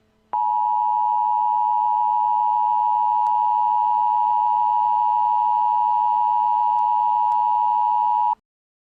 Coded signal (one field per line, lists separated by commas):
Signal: Emergency Alert System (SAME) tones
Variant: 853 and 960 Hz attention tone